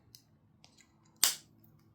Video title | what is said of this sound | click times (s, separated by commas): Winter Fragrance hall first impressions ! | click into place. But you can tell that click sounds like plastic. | 1.2 s